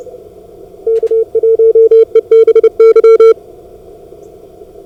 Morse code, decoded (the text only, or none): K1EBY